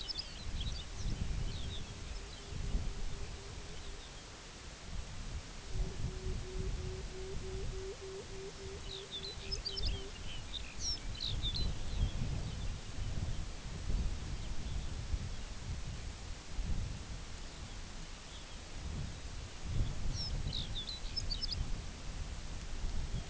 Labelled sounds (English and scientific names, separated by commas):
Lapland Longspur (Calcarius lapponicus), Pectoral Sandpiper (Calidris melanotos), unidentified sound